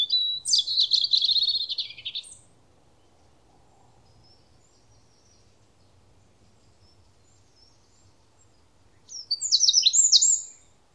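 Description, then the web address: Bird calls, a two-second burst of dense, scratchy high chirps, a long silence, then a second short burst of sharp chirps. "cianscape birddata Deverinetal 2025"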